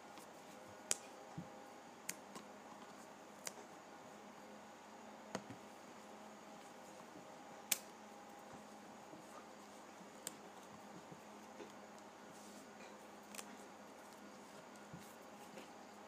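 Pages of a paper pad are flipped one after another, each turn a sharp, papery snap or tick standing out from a soft, steady hum. The snaps come irregularly, about every one to three seconds, with a few louder ones near 1, 7.7 and 13 seconds.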